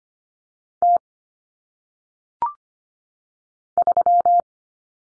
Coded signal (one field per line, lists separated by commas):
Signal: Morse code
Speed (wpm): 25 wpm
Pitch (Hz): 700 Hz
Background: none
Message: T 3